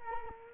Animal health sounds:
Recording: mosquito wingbeat signal from an infrared sensor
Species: Culex quinquefasciatus

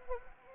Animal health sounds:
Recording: mosquito wingbeat signal from an infrared sensor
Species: Anopheles arabiensis

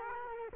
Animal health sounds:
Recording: mosquito wingbeat signal from an infrared sensor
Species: Culex quinquefasciatus

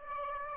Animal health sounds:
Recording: mosquito wingbeat signal from an infrared sensor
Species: Aedes aegypti

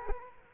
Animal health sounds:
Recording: mosquito wingbeat signal from an infrared sensor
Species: Culex quinquefasciatus

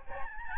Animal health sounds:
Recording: mosquito wingbeat signal from an infrared sensor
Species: Aedes albopictus

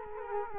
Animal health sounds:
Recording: mosquito wingbeat signal from an infrared sensor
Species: Culex quinquefasciatus

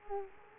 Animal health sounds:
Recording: mosquito wingbeat signal from an infrared sensor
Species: Culex quinquefasciatus

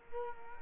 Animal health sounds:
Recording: mosquito wingbeat signal from an infrared sensor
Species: Culex quinquefasciatus

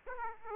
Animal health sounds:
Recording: mosquito wingbeat signal from an infrared sensor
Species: Aedes aegypti

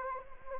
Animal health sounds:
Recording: mosquito wingbeat signal from an infrared sensor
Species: Anopheles arabiensis

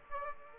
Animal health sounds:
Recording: mosquito wingbeat signal from an infrared sensor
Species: Aedes aegypti

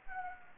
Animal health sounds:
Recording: mosquito wingbeat signal from an infrared sensor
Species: Anopheles gambiae

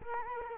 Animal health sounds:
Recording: mosquito wingbeat signal from an infrared sensor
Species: Culex quinquefasciatus

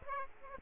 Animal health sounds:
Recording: mosquito wingbeat signal from an infrared sensor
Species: Aedes aegypti

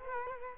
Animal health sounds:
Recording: mosquito wingbeat signal from an infrared sensor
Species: Culex quinquefasciatus

